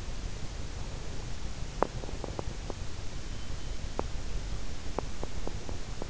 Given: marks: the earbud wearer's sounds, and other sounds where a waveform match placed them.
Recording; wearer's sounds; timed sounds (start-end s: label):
sounds in sleep by an in-ear microphone; breath
0.42-2.69 s: breath
3.93-6.10 s: breath